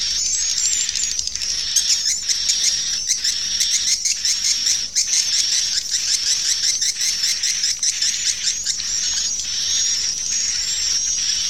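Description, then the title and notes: Swiftlet calls, shrill thin chirping and squealing notes in a continuous high twittering stream. Sound used in swiftlet bird farming in Asia. "Swiflet Bird Sound. Farming Swiflet Bird asia sound"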